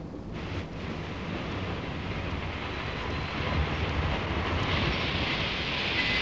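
A train halting briefly at a station in dense fog rumbles steadily with a dense low roar and airy hiss, swelling slightly midway and holding there, with no voices.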